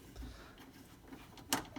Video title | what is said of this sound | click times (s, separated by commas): CPR Drag Supra MoTeC System Overview | them lined up here and they just go click you're | 1.5 s